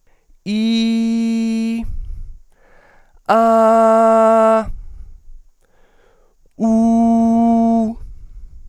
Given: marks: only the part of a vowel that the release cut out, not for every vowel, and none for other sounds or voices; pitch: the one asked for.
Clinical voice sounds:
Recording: sustained vowels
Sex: male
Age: 20 to 29 years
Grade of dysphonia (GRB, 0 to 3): 0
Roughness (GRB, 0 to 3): 0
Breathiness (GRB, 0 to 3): 0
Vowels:
0.53-1.76 s: vowel /i/, high pitch
3.34-4.56 s: vowel /a/, high pitch
6.67-7.83 s: vowel /u/, high pitch
From the record:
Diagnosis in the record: healthy voice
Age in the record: 27 years

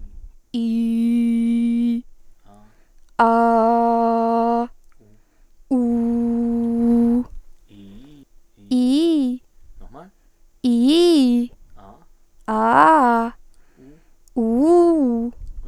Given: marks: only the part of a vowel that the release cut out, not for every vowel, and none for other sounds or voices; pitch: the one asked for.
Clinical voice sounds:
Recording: sustained vowels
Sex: female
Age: 20 to 29 years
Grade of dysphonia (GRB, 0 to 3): 0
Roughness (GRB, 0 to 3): 0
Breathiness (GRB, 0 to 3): 0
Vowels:
0.60-1.92 s: vowel /i/, low pitch
3.27-4.59 s: vowel /a/, low pitch
5.79-7.16 s: vowel /u/, low pitch
10.67-11.41 s: vowel /i/, low-high-low pitch
14.41-15.24 s: vowel /u/, low-high-low pitch
From the record:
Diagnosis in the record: healthy voice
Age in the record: 22 years

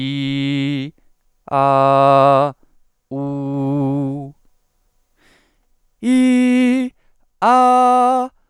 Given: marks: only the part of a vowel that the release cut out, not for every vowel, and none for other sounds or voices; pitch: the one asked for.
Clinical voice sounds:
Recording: sustained vowels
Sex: male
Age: 20 to 29 years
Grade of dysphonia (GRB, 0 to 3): 0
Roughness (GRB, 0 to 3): 0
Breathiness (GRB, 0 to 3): 0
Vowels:
0.00-0.79 s: vowel /i/, normal pitch
1.57-2.42 s: vowel /a/, normal pitch
3.17-4.15 s: vowel /u/, normal pitch
6.09-6.81 s: vowel /i/, high pitch
7.47-8.21 s: vowel /a/, high pitch
From the record:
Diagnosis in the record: dysodia (singing voice disorder)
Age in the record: 23 years

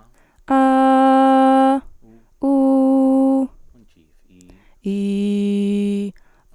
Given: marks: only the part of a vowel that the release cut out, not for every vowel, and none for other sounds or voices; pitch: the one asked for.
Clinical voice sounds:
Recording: sustained vowels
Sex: female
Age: 20 to 29 years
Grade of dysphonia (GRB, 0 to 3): 0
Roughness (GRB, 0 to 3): 0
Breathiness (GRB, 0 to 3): 0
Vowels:
0.55-1.69 s: vowel /a/, high pitch
2.47-3.39 s: vowel /u/, high pitch
4.93-6.01 s: vowel /i/, low pitch
From the record:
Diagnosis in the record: healthy voice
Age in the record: 20 years

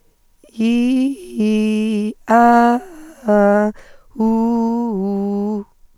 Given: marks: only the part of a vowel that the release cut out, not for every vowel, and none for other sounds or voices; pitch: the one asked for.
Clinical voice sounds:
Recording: sustained vowels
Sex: female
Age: 20 to 29 years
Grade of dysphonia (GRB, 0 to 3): 1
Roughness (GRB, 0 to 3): 0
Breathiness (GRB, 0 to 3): 1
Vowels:
0.67-1.92 s: vowel /i/, low-high-low pitch
2.38-3.58 s: vowel /a/, low-high-low pitch
4.28-5.46 s: vowel /u/, low-high-low pitch
From the record:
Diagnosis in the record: hyperfunctional dysphonia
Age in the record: 23 years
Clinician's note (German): Mit beginnender Phonationsverdickung

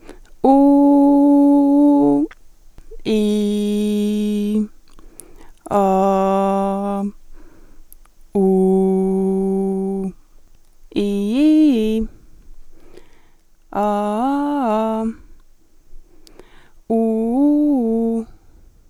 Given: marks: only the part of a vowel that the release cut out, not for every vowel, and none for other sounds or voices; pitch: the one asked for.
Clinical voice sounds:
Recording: sustained vowels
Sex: female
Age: 20 to 29 years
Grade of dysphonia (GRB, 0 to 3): 1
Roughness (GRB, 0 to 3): 0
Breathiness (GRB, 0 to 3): 1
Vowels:
0.60-1.97 s: vowel /u/, high pitch
3.34-4.47 s: vowel /i/, low pitch
5.88-6.90 s: vowel /a/, low pitch
8.57-9.87 s: vowel /u/, low pitch
11.09-11.89 s: vowel /i/, low-high-low pitch
13.90-15.00 s: vowel /a/, low-high-low pitch
17.04-18.06 s: vowel /u/, low-high-low pitch
From the record:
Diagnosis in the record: healthy voice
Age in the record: 25 years

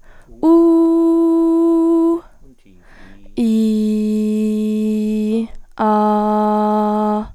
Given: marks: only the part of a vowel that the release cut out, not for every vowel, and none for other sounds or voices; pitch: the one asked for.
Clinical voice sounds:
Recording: sustained vowels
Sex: female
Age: 20 to 29 years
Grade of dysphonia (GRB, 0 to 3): 0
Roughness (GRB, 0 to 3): 0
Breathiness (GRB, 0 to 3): 0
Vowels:
0.61-2.10 s: vowel /u/, high pitch
3.50-5.29 s: vowel /i/, low pitch
5.85-7.18 s: vowel /a/, low pitch
From the record:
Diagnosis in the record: healthy voice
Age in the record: 21 years

